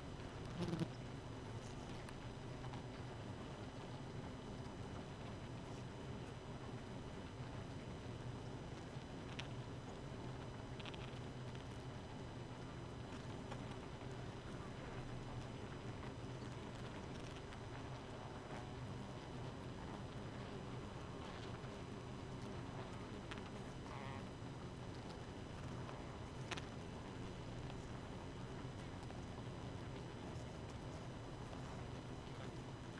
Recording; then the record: honeybee colony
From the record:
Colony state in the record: missing queen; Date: 31 May 2018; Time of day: 0:18